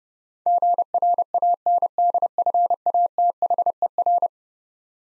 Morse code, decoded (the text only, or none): GRANDFATHER